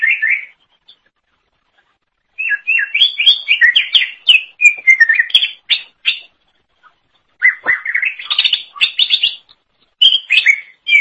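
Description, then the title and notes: Leafbird song: a short whistled burst, silence, then long runs of rapid slurred and chattering notes, some swooping down sharply, in varied phrases. Cucak ijo song. "Suara Kicauan Burung Cucak Ijo"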